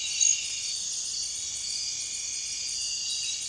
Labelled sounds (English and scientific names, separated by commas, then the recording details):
none
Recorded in dense forest near Puerto Asís, Putumayo, Colombia, on 29 June 2025 at 03:00
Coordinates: 0.466, -76.327
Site GP04